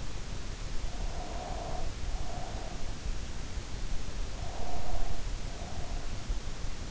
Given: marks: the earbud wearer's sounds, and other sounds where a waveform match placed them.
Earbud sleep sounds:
sounds in sleep by an in-ear microphone; breath
0.91-2.95 s: breath
4.32-6.30 s: breath

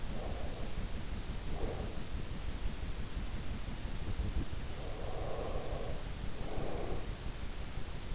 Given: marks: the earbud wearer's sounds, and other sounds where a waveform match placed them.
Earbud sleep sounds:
sounds in sleep by an in-ear microphone; breath
0.00-2.08 s: breath
4.46-7.20 s: breath

